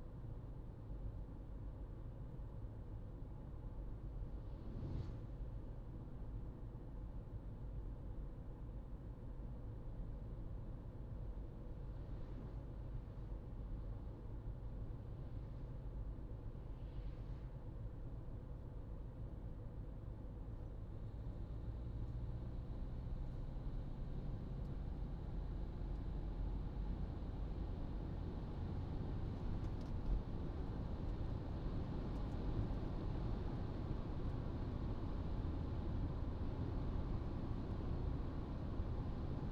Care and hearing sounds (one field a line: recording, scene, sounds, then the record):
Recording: everyday scene through a hearing-aid microphone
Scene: in a vehicle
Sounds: engine, traffic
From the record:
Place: Berlingo II, diesel engine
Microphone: in the ear canal, right